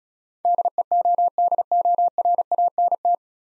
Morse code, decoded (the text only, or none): DEODORANT